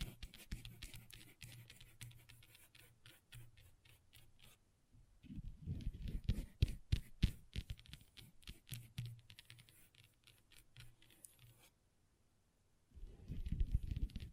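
Long nails tap and scratch on a table in quick, irregular bursts of sharp clicks, with busier runs around 5–7 seconds and again near the end. Softer scraping and a low hum fill the gaps, and the clicks stop briefly around 12 seconds.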